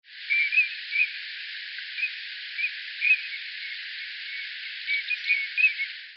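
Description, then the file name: Eurasian teal giving several short, clear whistled notes spread irregularly over a constant hiss. "kogamo"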